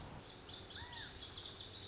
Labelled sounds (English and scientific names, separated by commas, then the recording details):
Lazuli Bunting (Passerina amoena)
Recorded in Sonoma County, California